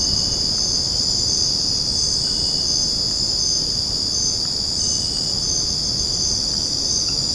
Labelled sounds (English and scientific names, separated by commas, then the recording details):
none
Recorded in secondary vegetation near Puerto Asís, Putumayo, Colombia, on 8 March 2025 at 22:30
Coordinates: 0.481, -76.318
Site G097